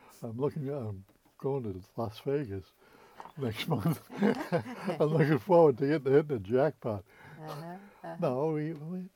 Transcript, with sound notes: looking — I'm going to Las Vegas next month. [chuckles] I'm looking forward to hitting — hitting the jackpot.
Uh-huh, uh-huh.
No, we — we